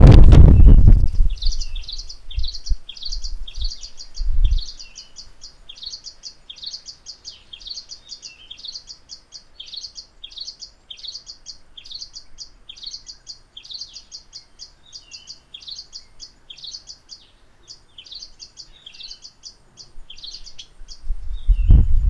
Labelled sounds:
Tiny Cisticola (Cisticola nana)
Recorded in northern Uganda

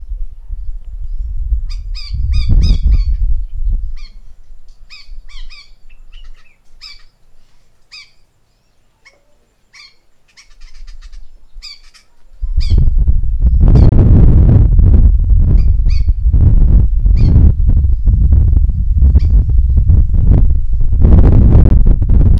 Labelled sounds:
White-rumped Shrike (Eurocephalus ruppelli)
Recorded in northern Uganda

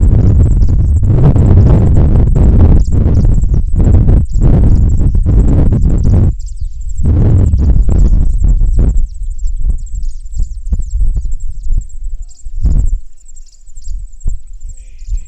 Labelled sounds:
Red-pate Cisticola (Cisticola ruficeps)
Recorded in northern Uganda

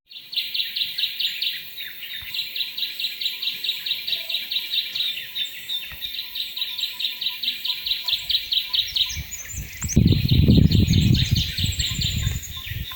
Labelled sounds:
Cinnamon Bracken-Warbler (Bradypterus cinnamomeus)
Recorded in Bwindi, Uganda

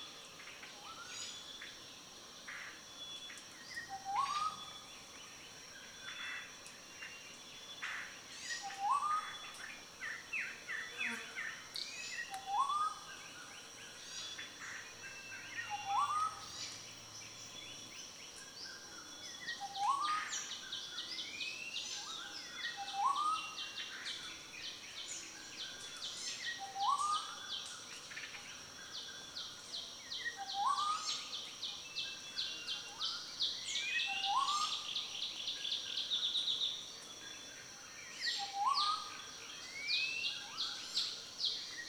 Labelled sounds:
Western Black-headed Oriole (Oriolus brachyrynchus)
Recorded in Kibale, Uganda

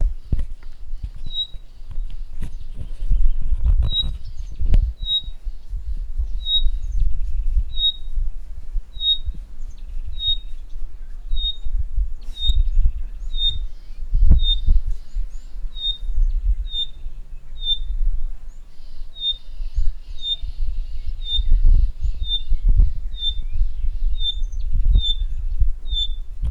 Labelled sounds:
Pygmy Batis (Batis perkeo)
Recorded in northern Uganda

